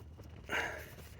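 A SEALIGHT S6 LED low beam bulb is being twisted and pushed into the headlight housing of a 2008 Toyota Camry LE. Over a low background rumble, a soft breathy rustle of handling swells from about 0.5 s to 0.7 s, then fades. Nothing has seated or clicked yet.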